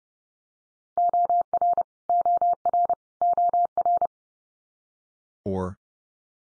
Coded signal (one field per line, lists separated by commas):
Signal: Morse code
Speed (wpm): 30 wpm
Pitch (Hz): 700 Hz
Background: none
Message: OR OR OR